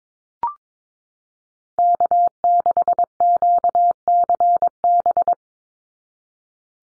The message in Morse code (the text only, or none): K6QCB